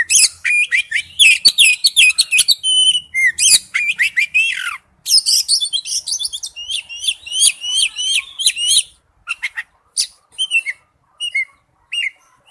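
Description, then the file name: Oriental magpie-robin singing a rich, varied run of sweet whistles and quick chattering notes, loud and continuous, then breaking into spaced, separate phrases near the end. "tieng chich choe than hot"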